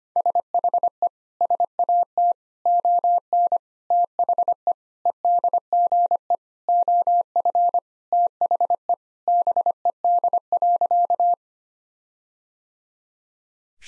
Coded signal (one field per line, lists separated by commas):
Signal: Morse code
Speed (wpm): 25 wpm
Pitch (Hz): 700 Hz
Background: none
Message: SHE SAT ON THE EDGE OF THE BED.